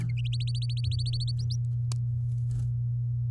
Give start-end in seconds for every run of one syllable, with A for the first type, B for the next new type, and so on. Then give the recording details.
0.33-1.56 A. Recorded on 8 May 2018 at 14:58. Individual llb16